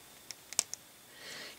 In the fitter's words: they'll click into place so again pull this out take this